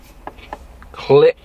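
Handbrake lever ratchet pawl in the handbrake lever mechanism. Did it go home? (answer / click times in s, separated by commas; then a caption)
no / none. On a VW Mk1, the handbrake lever is pulled up to set two ratchet clicks after new rear handbrake cables were fitted, but the pawl in the lever mechanism has been flipped the wrong way and is not catching. A few faint short ticks are heard, then someone talks. No ratchet click has happened and the handbrake has not set.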